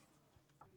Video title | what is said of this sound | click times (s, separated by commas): angohe Shower Chair for Inside Shower - Heavy Duty Shower Seat with Back - Height Adjustable Shower | push in the gold pins of each side listen for the click | 0.6 s